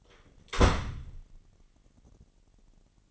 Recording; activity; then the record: daily activity, microphone in the room; close door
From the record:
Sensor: 4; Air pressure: 999.2 hPa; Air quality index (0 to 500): 116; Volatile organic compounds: 2 ppm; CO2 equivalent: 1146 ppm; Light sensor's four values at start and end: 13/31/12/14 and 13/31/12/13